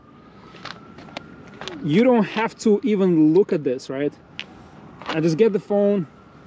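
Someone talks while handling a smartphone in its case, bringing it toward a car phone mount, with a few light taps and handling noises along the way. Nothing has seated or clicked onto the mount yet.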